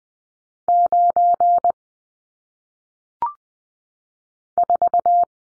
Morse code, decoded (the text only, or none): 9 4